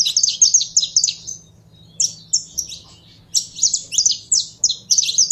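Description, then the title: Belgian canary singing fast runs of high, sharp chirped notes, broken by short pauses, then resuming in quick repeated phrases; faint low hum beneath. Purebred Belgian canary singing. "Canto Do Canário Belga Puro"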